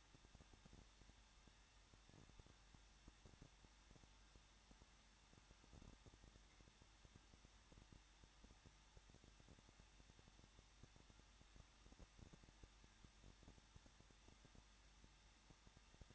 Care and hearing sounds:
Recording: daily activity, microphone in the room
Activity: no activity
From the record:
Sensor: 3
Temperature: 21.2 degrees Celsius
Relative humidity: 36.3%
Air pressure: 1006.3 hPa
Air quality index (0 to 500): 222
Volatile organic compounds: 41 ppm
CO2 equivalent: 3162 ppm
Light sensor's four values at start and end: 2/3/2/2 and 2/3/2/2

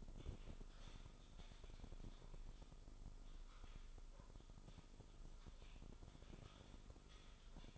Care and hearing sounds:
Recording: daily activity, microphone in the room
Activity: typing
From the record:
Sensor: 5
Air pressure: 988.8 hPa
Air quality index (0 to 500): 235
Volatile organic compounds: 193 ppm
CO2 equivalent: 4189 ppm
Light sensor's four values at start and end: 39/124/48/51 and 39/124/48/51

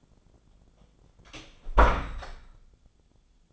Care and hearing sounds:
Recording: daily activity, microphone in the room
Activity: close door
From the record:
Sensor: 5

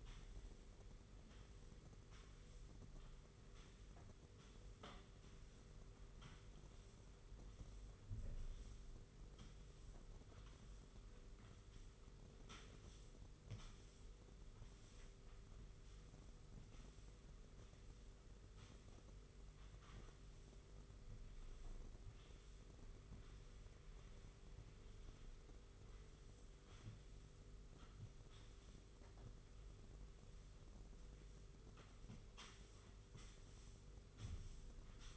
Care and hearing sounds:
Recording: daily activity, microphone in the room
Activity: sweep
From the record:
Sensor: 4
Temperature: 27.3 degrees Celsius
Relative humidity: 40.1%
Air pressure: 991.3 hPa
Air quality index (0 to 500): 158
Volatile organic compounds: 127 ppm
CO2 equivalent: 3911 ppm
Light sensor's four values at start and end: 24/78/29/30 and 23/76/28/29

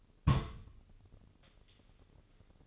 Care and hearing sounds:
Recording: daily activity, microphone in the room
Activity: place on stove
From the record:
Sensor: 4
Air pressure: 996.2 hPa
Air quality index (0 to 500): 73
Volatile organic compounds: 3 ppm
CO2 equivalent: 1358 ppm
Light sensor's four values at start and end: 18/50/19/21 and 18/50/19/21

